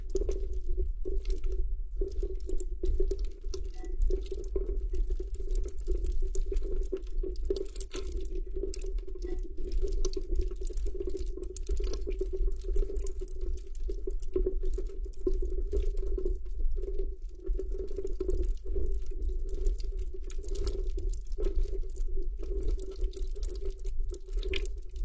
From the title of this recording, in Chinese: 巨大玻璃碗（水、碳酸、果冻、吸管）